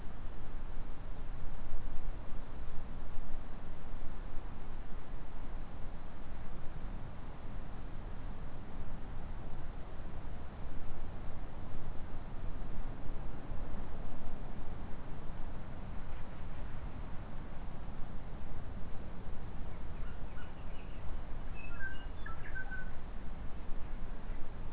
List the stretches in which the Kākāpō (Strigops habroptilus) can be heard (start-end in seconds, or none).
none